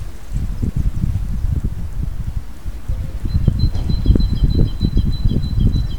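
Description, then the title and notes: Bird giving a fast, high, thin trill of repeated notes, heard over heavy low thumping and rumbling noise. Recorded during the solar eclipse of 20 March 2015. "Grabación del canto de un pájaro durante el eclipse del 20 de marzo de 2015"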